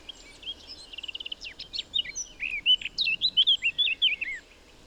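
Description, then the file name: Eurasian blackcap song: a quick run of soft scratchy notes building into loud, clear, fluty whistled phrases, about four seconds long. "Sylvia atricapilla"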